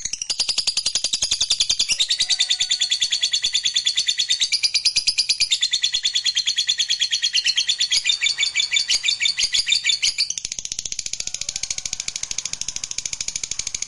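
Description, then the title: Lovebird singing a fast, grating chatter of rapid pulses, steady for ten seconds, then a little quieter and thinner. Recording meant to make a lazy lovebird start singing eagerly and spontaneously, right away. "LOVEBIRD Malas Bunyi JADI GREGET SPONTAN Langsung NARIK"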